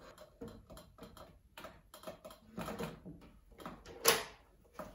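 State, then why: Seated. A plastic/metal bracket of the monitor stand is hooked into the rear mount of a curved Dell S2422HG monitor at the top, and the bottom then locks in by itself. Soft handling knocks and rustles lead up to a sharp, bright click at 4.1 s. The stand is seated and latched onto the monitor.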